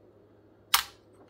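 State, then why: Released. On a Gigabyte Gaming X B660 motherboard, the CPU socket load plate and retention lever are lowered over a seated i5-13600KF processor. A sharp plastic snap at 0.7 s is the protective socket cap popping off. A short, bright crack over quiet background hum, and no one talks.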